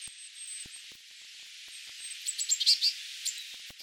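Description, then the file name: Eurasian blue tit calls: a quick run of thin, very high ticking notes past the two-second mark, over a steady background hiss. "Cyanistes caeruleus"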